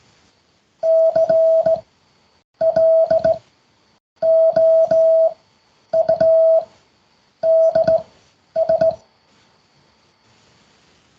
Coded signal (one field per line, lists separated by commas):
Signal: Morse code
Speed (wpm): 18 wpm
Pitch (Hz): 650 Hz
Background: none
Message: CLOUDS